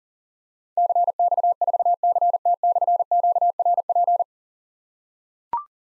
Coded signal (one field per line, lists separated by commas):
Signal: Morse code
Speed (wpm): 43 wpm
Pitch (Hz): 700 Hz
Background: none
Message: CX4CT/QRP